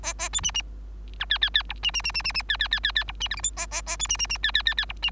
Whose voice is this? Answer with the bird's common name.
Bengalese Finch